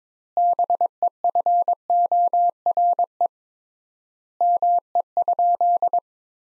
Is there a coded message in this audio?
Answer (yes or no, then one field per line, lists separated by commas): yes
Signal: Morse code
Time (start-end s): 0.4-6.0 s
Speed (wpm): 22 wpm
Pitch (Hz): 700 Hz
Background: none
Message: BEFORE ME?